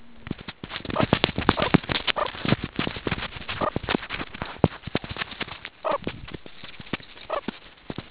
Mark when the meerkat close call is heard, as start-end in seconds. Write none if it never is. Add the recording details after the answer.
0.93-1.06, 1.56-1.71, 2.15-2.29, 3.59-3.72, 5.82-5.99, 7.27-7.42. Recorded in the Kuruman River Reserve, South Africa. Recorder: an audio tag on a meerkat's collar